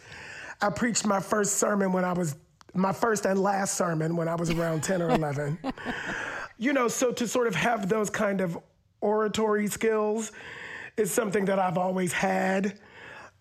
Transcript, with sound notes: I preached my first sermon when I was - my first and last sermon when I was around 10 or 11.
(Laughter).
You know, so to sort of have those kind of oratory skills is something that I've always had.